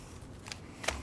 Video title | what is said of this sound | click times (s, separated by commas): CLX Horus Build! It costs $400,000 to use this RAM for 12 seconds! | That just pops right in there. Make sure it gets a good click on it. | 0.9 s